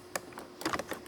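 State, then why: Not seated. The lock indicator rod is set into its holder on the back of an interior car door panel, and the plastic retainer clip for the door lock rod is handled. A few short, sharp plastic ticks and taps are heard, with a quiet gap between them. Nothing has seated or clicked yet.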